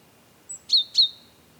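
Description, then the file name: Great tit call: a thin high note followed by two sharp, clipped descending notes in quick succession, then silence. "Parus major"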